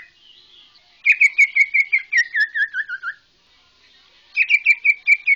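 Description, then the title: White-rumped shama song: a run of clear whistled notes stepping gradually lower, followed after a pause by a similar rapid whistled series. Bornean white-rumped shama (murai Borneo). "MURAI BORNEO MAS KIKI"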